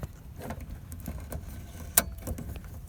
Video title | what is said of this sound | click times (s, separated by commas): How to Replace Prius V headlight bulbs 💡 | You hear that nice click. It's all secure. | 2.0 s